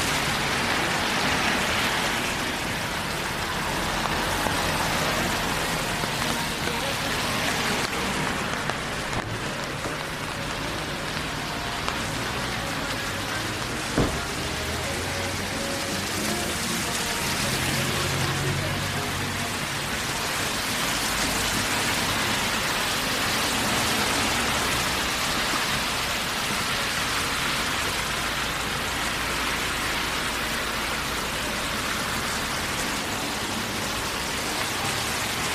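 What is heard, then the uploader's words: A walk in the rain around the neighborhood: a steady, dense hiss of rainfall fills the whole stretch with little change in level. Low rumbling swells in and out underneath, and a couple of sharp knocks stand out near nine and fourteen seconds. Long Walk In The Rain Around The Neighborhood.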